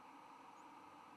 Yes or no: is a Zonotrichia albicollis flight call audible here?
no